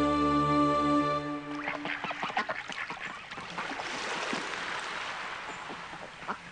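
A duck quacks in short, raspy bursts over a busy rush of flapping wings as it flies, following a brief sustained musical tone at the start. No one speaks.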